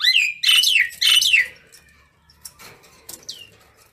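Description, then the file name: Common myna giving three loud harsh, downslurred calls, followed by quieter scattered notes and a faint falling whistle. Calling to gather its flock. "Tieng sao nau goi bay"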